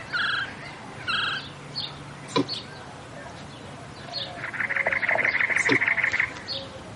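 White-nosed coati calls: two brief harmonic chirps open, then a click, followed by a rapid, buzzy run of pulsed chattering notes.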